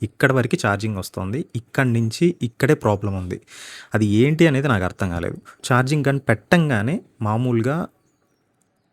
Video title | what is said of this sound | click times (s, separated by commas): Ather EV Ownership Review in Telugu - Ather Charging & Service Issues | on అవ్వాలి అంటే టక్కని lock అవ్వాలి. Lock అవ్వట్లేదు. | none